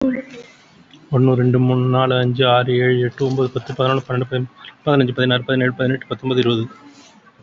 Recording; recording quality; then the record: counting at a fast pace; excellent, no background noise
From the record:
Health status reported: COVID-19 positive, mild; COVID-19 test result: positive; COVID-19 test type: RT-PCR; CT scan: taken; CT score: 3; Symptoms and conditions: cough, cold, fever, loss of smell and taste, hypertension, diabetes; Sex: male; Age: 52 years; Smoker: no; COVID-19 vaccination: both doses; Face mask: not worn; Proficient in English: yes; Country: India